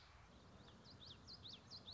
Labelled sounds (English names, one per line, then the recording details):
Common Yellowthroat
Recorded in Sonoma County, California